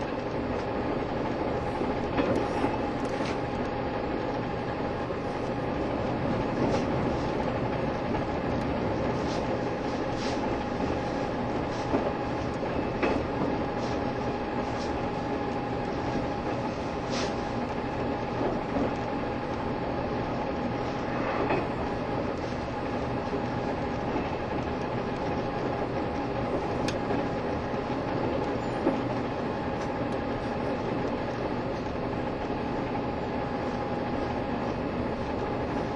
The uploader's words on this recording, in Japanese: 台鐵EMU1200型 自強號122次02 新營～彰化。縦貫線を北上する自強號のうち、吊掛駆動車両の台鐵EMU1200型電車を収録したものです。吊り掛け駆動独特のモーター音を唸らせながら爆走しています。収録年月:2013,03。